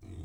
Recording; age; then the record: pig call; weaner (32 to 43 days)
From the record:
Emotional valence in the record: negative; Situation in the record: negative conditioning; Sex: female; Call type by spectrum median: low-frequency call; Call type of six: low-frequency stable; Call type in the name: low-frequency stable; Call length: 0.24 s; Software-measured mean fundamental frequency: 38 Hz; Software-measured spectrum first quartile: 83 Hz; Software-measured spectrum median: 143 Hz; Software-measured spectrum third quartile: 399 Hz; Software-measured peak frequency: 93 Hz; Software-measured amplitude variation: 131 dB a second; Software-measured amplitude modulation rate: 22.5 a second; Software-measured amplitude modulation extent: 5.8 dB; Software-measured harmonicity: -0.4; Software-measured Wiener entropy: 0.26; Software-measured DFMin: 1782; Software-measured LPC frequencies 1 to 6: 2228, 3643, 5350, 5982, 6772, 7978 Hz